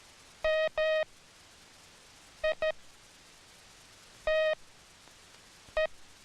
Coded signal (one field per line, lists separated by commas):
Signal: Morse code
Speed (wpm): 14 wpm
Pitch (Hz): 630 Hz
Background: none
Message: M I T E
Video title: HOW MAKE MORSE CODE